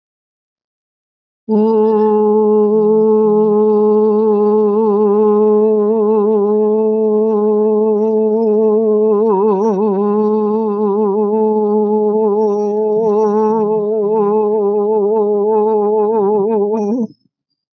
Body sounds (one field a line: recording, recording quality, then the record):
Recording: sustained vowel as in boot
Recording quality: excellent, no background noise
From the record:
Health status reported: healthy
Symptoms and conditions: hypertension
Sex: female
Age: 79 years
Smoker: not ticked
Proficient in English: yes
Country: India